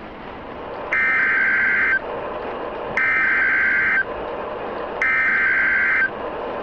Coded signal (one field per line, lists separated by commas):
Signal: Emergency Alert System (SAME) tones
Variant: header bursts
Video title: (EAS Scenario) The San Diego Spectacular